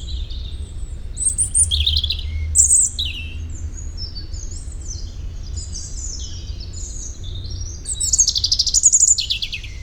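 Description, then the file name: European robin singing in short, high, thin warbled phrases with quick jumbled notes, then a brighter rapid burst near the end; low rumble underneath. "Erithacus rubecula"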